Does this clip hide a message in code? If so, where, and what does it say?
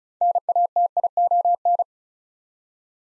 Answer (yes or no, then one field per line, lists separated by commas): yes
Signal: Morse code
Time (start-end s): 0.2-1.8 s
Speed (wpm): 36 wpm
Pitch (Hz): 700 Hz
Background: none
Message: NATION